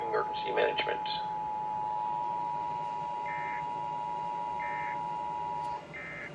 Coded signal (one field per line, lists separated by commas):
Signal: Emergency Alert System (SAME) tones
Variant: 853 and 960 Hz attention tone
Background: speech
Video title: EAS #66 - April 2024 Required Monthly Test